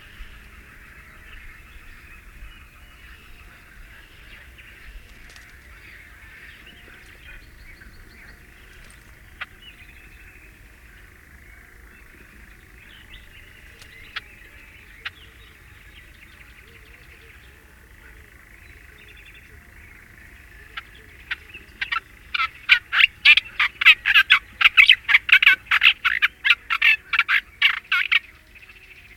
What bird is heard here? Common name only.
Olive-tree Warbler